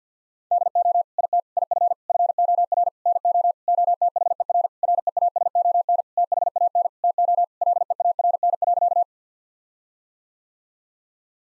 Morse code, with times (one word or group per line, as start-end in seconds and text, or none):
0.5-1.0 DO
1.2-1.4 IT
1.6-1.9 IF
2.1-2.9 FOR
3.1-3.5 NO
3.7-4.7 OTHER
4.8-6.0 REASON
6.2-6.9 THAN
7.0-7.4 TO
7.6-9.0 LEARN.